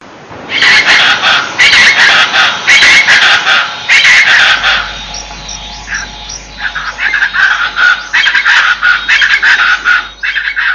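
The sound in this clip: Chaco chachalaca chorus, loud grating rhythmic phrases in repeated bursts.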